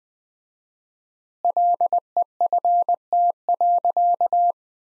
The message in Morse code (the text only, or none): LEFT.